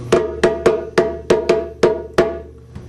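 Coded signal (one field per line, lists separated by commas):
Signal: drum signal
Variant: djembe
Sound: eight hand-drum strokes, mixed open tones and slaps, in a quick uneven phrase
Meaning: A warning: get ready, something is about to happen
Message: 8 strokes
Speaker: this sentence right there has the meanings anybody who knows about this instrument was initial to this instrument when they heard this sound they know exactly what to do this is a warning it's telling you get ready something is about to happen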